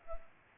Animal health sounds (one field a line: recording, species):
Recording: mosquito wingbeat signal from an infrared sensor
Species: Culex pipiens